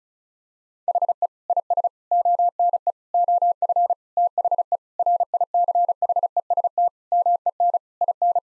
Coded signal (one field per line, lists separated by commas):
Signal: Morse code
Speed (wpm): 36 wpm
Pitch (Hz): 700 Hz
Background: none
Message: HE IS ONE OF THE RICHEST MEN IN